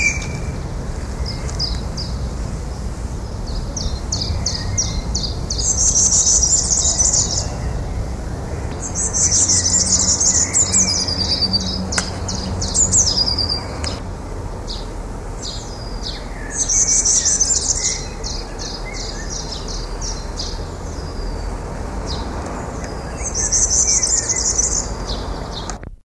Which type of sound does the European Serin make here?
call